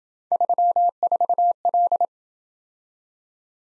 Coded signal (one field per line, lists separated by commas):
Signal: Morse code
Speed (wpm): 26 wpm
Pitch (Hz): 700 Hz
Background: none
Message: 34L